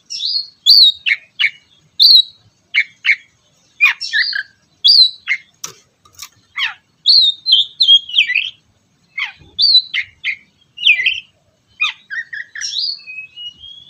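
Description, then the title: Oriental magpie-robin song, a rich, varied run of loud whistled notes, sharp chips and buzzy slurred phrases, delivered in quick bursts with short pauses between them. "kacer"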